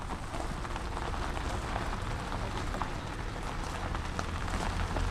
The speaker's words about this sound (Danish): Prøv at høre grippet i dækkene, prøv at høre.